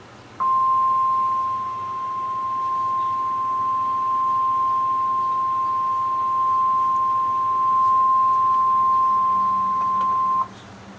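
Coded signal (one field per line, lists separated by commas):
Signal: Emergency Alert System (SAME) tones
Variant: 1050 Hz attention tone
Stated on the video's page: EAS tones for a real tornado warning from the Norman, Oklahoma weather office for central Lincoln County.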